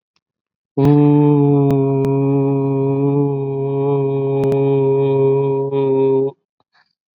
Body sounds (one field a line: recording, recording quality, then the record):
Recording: sustained vowel as in boot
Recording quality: excellent, no background noise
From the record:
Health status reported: COVID-19 positive, mild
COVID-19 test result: positive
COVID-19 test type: rapid antigen test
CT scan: not taken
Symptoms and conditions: cough, another respiratory illness, hypertension, diabetes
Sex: male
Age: 60 years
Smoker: no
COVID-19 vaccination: none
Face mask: worn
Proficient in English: yes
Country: India